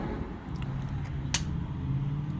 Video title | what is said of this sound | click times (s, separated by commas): HYUNDAI TUCSON JN 2007 2.0L G4GC FWD HEAD GASKET INSTALL PART-2 | You hear that click? | 1.3 s